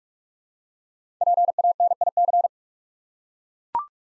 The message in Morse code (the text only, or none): PANIC